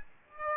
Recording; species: mosquito wingbeat signal from an infrared sensor; Aedes aegypti